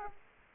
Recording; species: mosquito wingbeat signal from an infrared sensor; Aedes aegypti